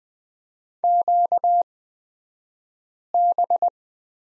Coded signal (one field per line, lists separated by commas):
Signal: Morse code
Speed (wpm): 20 wpm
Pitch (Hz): 700 Hz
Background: none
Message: QB